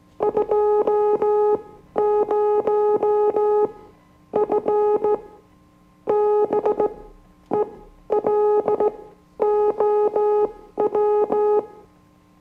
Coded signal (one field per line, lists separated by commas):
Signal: Morse code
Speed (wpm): 16 wpm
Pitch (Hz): 420 Hz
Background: music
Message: 20F BELOW